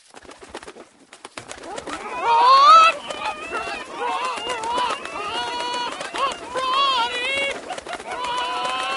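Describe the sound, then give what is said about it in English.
A flock of chickens, played as the "Kentucky Fraud chickens" sound effect, clucks and squawks, several birds overlapping in a busy, continuous chorus of short calls with bending pitch. It starts after a brief quiet moment and stays fairly loud throughout. “A texter is writing in asking that the Kentucky Fraud chickens be unleashed on Amy Schumer.”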